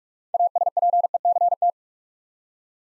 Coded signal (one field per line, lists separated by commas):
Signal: Morse code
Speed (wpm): 44 wpm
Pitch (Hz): 700 Hz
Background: none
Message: ASPECT